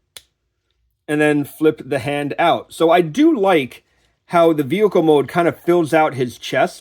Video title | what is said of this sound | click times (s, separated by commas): Transformers Scavenger(Studio Series '86) - Rock Nerd Radio | Then, like the other, you bring the arm up and snap it into place. | 0.2 s